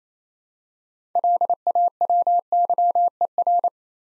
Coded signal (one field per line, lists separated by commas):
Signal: Morse code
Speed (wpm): 28 wpm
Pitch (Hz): 700 Hz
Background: none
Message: LAWYER